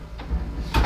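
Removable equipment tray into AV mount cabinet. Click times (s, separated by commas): 0.8 s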